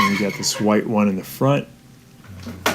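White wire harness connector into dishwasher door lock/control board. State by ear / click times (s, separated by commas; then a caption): seated / 2.7 s. Someone talks while pushing the front white plastic wire harness connector into its socket on the door lock/control board of a GE dishwasher being repaired for no power. A sharp, loud click at 2.7 seconds shows the connector has seated.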